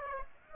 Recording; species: mosquito wingbeat signal from an infrared sensor; Aedes aegypti